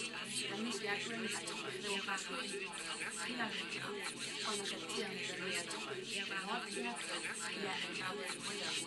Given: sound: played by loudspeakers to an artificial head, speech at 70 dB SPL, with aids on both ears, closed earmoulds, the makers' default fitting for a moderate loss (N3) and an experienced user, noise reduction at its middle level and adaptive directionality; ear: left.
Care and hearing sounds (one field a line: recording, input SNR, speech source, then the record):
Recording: speech test signal (ISTS) in cocktail-party noise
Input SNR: -3 dB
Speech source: on the right (90 degrees)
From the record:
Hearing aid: class 1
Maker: E